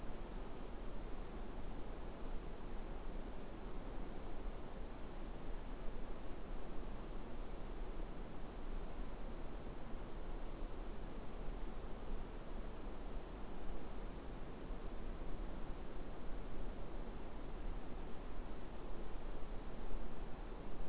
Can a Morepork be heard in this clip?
no